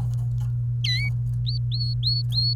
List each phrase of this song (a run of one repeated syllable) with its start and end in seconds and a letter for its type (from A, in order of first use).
0.84-1.09 A, 1.47-2.55 B